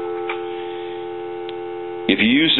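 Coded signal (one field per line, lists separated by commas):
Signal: telephone call progress tone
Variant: North America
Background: speech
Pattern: dial tone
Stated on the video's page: Heard on a Harris TS22 lineman's buttset during checkout and repair.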